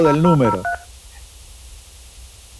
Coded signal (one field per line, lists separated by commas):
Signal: DTMF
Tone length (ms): 110 ms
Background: speech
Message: 003